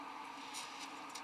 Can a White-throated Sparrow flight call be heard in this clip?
no